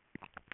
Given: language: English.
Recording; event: throat vibration sensor signal played as sound; swallow